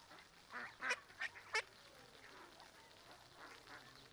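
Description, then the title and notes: Mallard quacks, four quick sharp calls early on, then fainter calls over a hiss of flowing water. Adults, half-grown and small ducklings with mothers on a small river in a park in Griñón, Madrid, Spain, Sunday afternoon; excited when people feed them; adolescent ducklings beg for food; Zoom H1n recorder. "Paseo de la Senda, Griñón, Madrid, España - Tarde en el parque del río con patos. patos griñon. Ánade Real (Anas platyrhynchos)"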